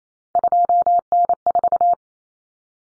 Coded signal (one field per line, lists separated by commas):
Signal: Morse code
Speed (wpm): 28 wpm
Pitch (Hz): 700 Hz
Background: none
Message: 2N4